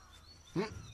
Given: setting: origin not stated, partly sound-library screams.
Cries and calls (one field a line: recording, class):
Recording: one-second piece from a danger detection set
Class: normal situation